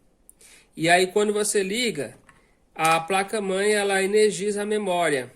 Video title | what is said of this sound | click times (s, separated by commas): Montando o Kit base do computador | tinha encaixado de um lado ó parece que encaixou de um lado mas o outro lado não e | 0.3 s